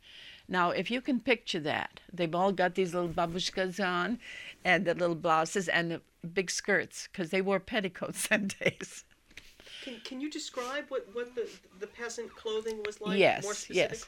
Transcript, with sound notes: Now, if you can picture that, they've all got these little babushkas on, and the little blouses and big skirts, because they wore petticoats in them days. ( she laughs )
Can you describe what the peasant clothing was like more specifically?